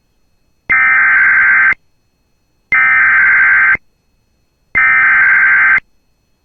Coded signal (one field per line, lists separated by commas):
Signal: Emergency Alert System (SAME) tones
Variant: header bursts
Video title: [EAS] Severe Thunderstorm Warning for Beltrami and Hubbard Counties on July 9th 2023